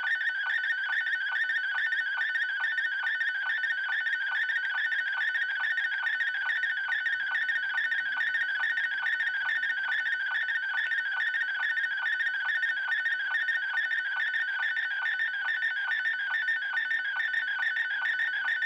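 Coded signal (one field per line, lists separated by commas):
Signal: SSTV (slow-scan television)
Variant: Robot36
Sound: continuous warbling, buzzing tone with a rapid regular ticking rhythm throughout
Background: faint steady hum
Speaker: we are ready to receive my dad's image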